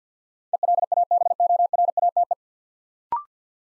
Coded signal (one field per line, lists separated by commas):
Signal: Morse code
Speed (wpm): 50 wpm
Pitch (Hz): 700 Hz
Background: none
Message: ELABORATE